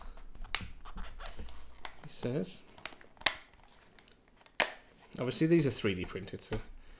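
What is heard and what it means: A 100 mm earpad on a 3D-printed plastic adapter ring is handled against the ear cup of a closed-back HiFiMan Sundara headphone while someone talks. Sharp handling ticks come through around 0.6, 3.3 and 4.6 seconds, but nothing has seated or clicked into place yet.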